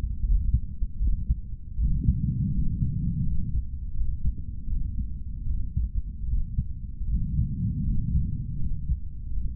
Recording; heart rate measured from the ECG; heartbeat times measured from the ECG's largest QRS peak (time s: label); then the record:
heart sounds by stethoscope; 79 bpm
0.26 s: heartbeat
1.02 s: heartbeat
1.80 s: heartbeat
2.56 s: heartbeat
3.27 s: heartbeat
3.97 s: heartbeat
4.70 s: heartbeat
5.49 s: heartbeat
6.30 s: heartbeat
7.10 s: heartbeat
7.87 s: heartbeat
8.60 s: heartbeat
9.33 s: heartbeat
From the record:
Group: healthy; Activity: rest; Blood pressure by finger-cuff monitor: 157/83 mmHg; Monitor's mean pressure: 104 mmHg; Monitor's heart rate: 80 bpm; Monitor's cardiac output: 9.8 L/min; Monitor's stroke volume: 122 mL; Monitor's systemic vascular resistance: 770 dyn s/cm5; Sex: male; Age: 30 years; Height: 188 cm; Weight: 110.2 kg